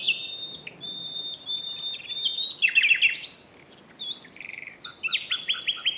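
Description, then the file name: Common nightingale song opening with a long level whistled note, then loud fast rattles, a short pause and varied high buzzy repeated notes. "Luscinia megarhynchos"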